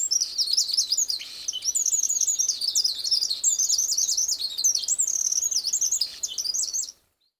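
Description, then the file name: Eurasian wren song, a continuous loud sequence of piercing high trills and rattling notes for about seven seconds before stopping. "Troglodytes troglodytes"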